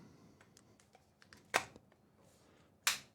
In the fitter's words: and locked in there we go now